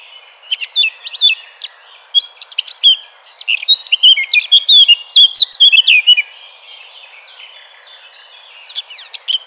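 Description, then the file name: Eurasian blackcap song: scratchy notes build into a loud, rich warbled phrase, then a quiet pause with a short burst at the end. "Sylvia atricapilla 180115"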